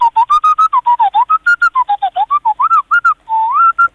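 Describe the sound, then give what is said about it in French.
A rapid string of short whistled chirps and warbling tones, mid-pitched and rising and falling, imitating the robot R2-D2's beeping chatter, ending with a longer sliding whistle and two quick notes. “Je suis capable de vous faire une imitation d'R2D2 pour finir là-dessus.”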